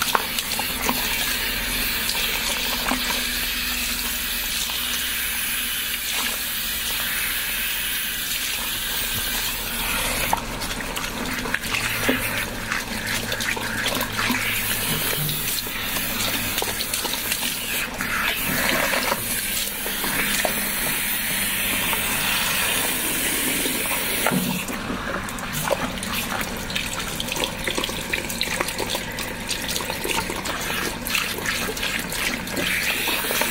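Hair being washed, with steady running water filling the sound throughout, bright. Around ten seconds and again near twenty-five the hiss thickens and brightens as the flow shifts, with soft wet rubbing and splashing layered over a low hum.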